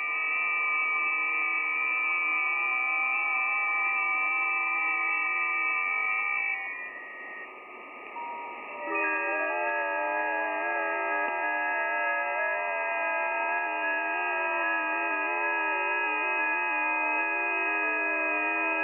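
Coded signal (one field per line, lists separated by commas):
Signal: FT8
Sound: many overlapping steady warbling tones, a brief lull, then a new set of tones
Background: radio static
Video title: FT8 Decoding Digital Signals on Yaesu FTdx3000 receiving in the Netherlands 4/6/2023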